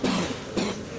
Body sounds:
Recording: coughing mixed with background sound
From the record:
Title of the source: 60 coughing still (deep and wet cough)

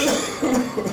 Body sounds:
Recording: coughing mixed with background sound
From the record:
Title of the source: Spring Cold Coughing 3

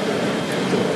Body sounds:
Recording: background sound without coughing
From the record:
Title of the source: Office Sounds Ambience - Background Noise for Study and Work

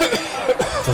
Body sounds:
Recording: coughing mixed with background sound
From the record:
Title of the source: Dry Coughing Fit in the Afternoon.

